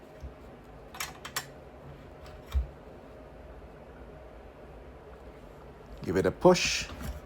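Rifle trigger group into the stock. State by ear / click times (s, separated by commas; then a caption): not seated / none. An SKS rifle trigger group is pushed into the stock by pressing the trigger guard down, which needs extra strength, while someone talks. A few short, sharp handling clicks come around 1.0–1.4 s and 2.5 s, followed by a louder burst of scraping and handling noise from about 6 to 7 s. The trigger guard has not snapped into place yet, and nothing has seated.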